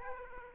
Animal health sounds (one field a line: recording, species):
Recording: mosquito wingbeat signal from an infrared sensor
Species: Aedes aegypti